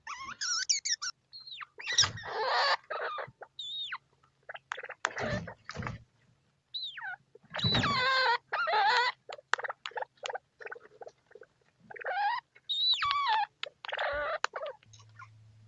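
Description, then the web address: Degu chirping and squeaking in busy bursts of rising and warbling notes, some harsh, separated by short pauses, with a low steady hum underneath. "zvuk katerica degu"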